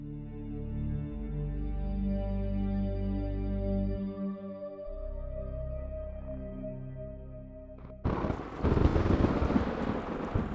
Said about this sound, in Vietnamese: Sài Gòn mùa này đổ xuống những cơn mưa rào bất chợt.